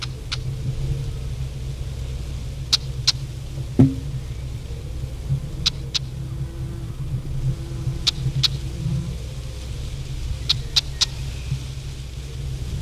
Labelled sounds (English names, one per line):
Red-backed Shrike call